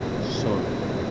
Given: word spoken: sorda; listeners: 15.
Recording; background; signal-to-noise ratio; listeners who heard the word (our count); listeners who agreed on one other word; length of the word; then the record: one Spanish word in noise, from a listening test; speech-shaped noise; -4.9 dB; 0 of 15; 11 of 15; 0.71 s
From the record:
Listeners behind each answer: 11, 3, 1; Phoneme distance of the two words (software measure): 24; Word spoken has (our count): 2 syllables, 5 phonemes, stress on syllable 1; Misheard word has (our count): 1 syllable, 3 phonemes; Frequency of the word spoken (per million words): 3.78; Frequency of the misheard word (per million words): 149.60